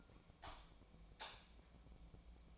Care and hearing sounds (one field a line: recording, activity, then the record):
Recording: daily activity, microphone in the room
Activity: light off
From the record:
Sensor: 1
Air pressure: 1000.0 hPa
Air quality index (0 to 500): 130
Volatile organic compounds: 2 ppm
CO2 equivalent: 1231 ppm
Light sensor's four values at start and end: 32/84/34/41 and 29/74/31/38